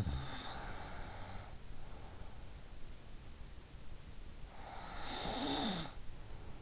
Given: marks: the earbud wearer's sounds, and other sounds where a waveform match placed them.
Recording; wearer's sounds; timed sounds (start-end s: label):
sounds in sleep by an in-ear microphone; snoring breath
0.00-2.72 s: snoring breath
4.52-6.61 s: snoring breath